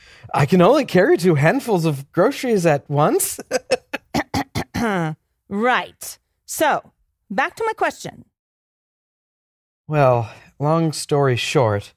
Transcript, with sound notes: I can only carry two handfuls of groceries at once! (SNICKERS)
Right. So, back to my question?
Well, long story short,